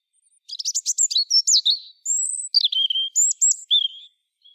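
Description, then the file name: European robin singing a rapid, high, thin warble of varied phrases, with sharp twittering notes and sliding whistles in quick succession. "Erithacus rubecula"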